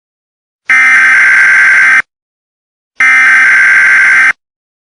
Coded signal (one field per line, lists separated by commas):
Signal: Emergency Alert System (SAME) tones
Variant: header bursts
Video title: EAS CICADA ANNOUNCMENT